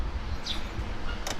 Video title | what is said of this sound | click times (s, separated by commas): 스즈키 GSX- S125 ABS & R125 ABS(2019) 시승기(Suzuki GSX- S125 ABS & R125 ABS test ride) | 쪽으로 돌리면 이제 된 겁니다. 그럼 락이 걸리죠. | 1.3 s